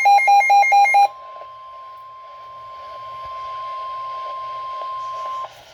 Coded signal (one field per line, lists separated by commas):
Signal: Emergency Alert System (SAME) tones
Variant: 1050 Hz attention tone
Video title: Tbh I ran out of names (eas alerts from idk tbh rn)